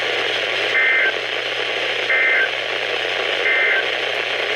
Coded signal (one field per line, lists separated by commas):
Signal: Emergency Alert System (SAME) tones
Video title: EAS #179-#187: Alerts From Wakefield! | KHB36 & WXM57